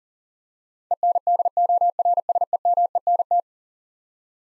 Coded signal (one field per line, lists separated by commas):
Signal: Morse code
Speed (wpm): 40 wpm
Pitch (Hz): 700 Hz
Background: none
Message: ENDORSEMENT